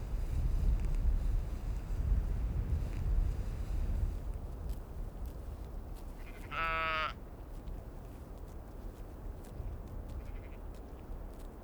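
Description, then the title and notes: Sheep bleating once, a loud quavering call lasting under a second, over constant gusting wind. Many sheep on slopes leading to Kallur Lighthouse, northern tip of Kalsoy, Faroe Islands, in strong wind; recorded mid-side stereo with Sonosax SXM2D2 and iPhone. "Moutons de Kallur LightHouse Féroé, Trøllanes, Îles Féroé. Ces Moutons sont nombreux sur les versants qui conduisent au Phare de Kallur, et quel bonheur dans ce vent fort!!! Un bout du monde, perché en vigie au nord de Kalsoy, une des Iles des Féroé"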